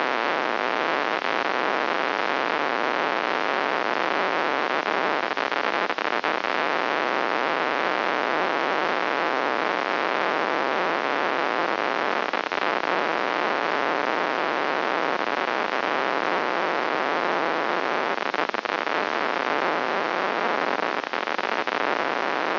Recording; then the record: brain microelectrode recording played as sound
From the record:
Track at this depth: inside the subthalamic nucleus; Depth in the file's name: 4.265 mm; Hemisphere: left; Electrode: 2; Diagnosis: Parkinson's disease